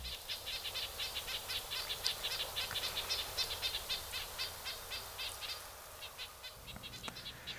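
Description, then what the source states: Red-breasted nuthatch calls: rapid, faint, high notes repeated about twice a second over steady background noise. Ozarks; normally in northern spruce and fir forests, moving south in great numbers in a year of failed seed crops.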